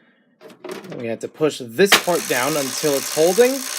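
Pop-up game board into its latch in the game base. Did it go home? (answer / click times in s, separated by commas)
no / none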